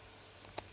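A zipper slider is pushed onto the zipper chain of a sewn fabric vegetable bag. Two faint clicks are heard at 0.5 s and 0.6 s, and the slider seats on the chain.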